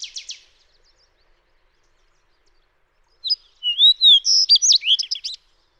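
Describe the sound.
Fox sparrow singing a loud, rich phrase of slurred whistles and quick sweet notes, preceded by the brief tail of a soft buzzy series; otherwise quiet.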